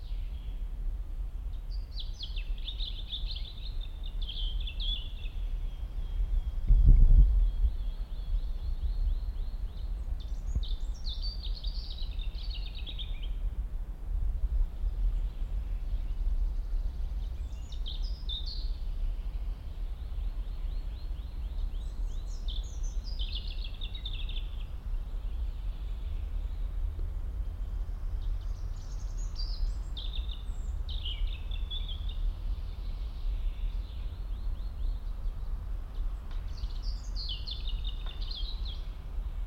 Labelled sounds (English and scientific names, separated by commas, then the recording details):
European Robin (Erithacus rubecula)
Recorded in the wild
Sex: male
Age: adult
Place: Mühlenbecker Wald, Brandenburg, DE
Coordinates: 52.689, 13.356
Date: 1993-05-08
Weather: sonnig, ca. 23 °C
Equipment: Marantz CP 430, Sennheiser ME 80, Kopie Uher Variocord 263
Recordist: Tembrock, Günter